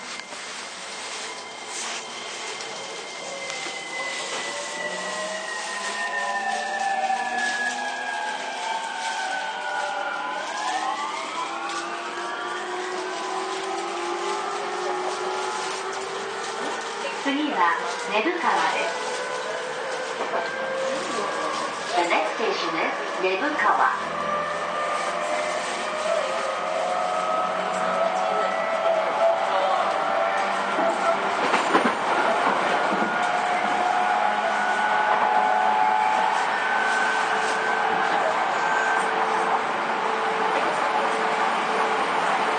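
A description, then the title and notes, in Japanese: JR East E231 series train between Ito and Yokohama, with a steady rumble and slowly rising motor whines sweeping upward as it accelerates. JRE231系 伊東〜横浜。区間は伊東線→東海道線です。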